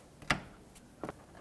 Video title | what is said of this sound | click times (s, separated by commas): How to Replace Rear Door Mounted Weatherstrip Seal 2008-2010 Ford F-250 | all you have to do now is press in the push Clips until they click and are secured into the door | 0.3 s, 1.0 s